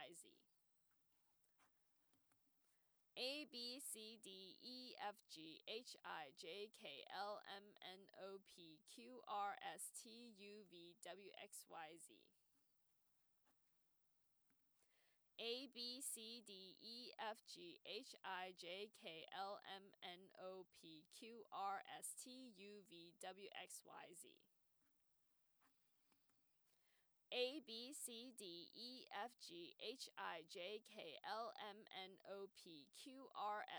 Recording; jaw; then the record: letters of the alphabet, spoken; free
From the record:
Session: first day, before the bite bar